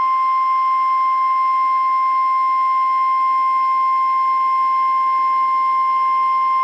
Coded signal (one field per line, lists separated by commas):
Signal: Emergency Alert System (SAME) tones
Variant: 1050 Hz attention tone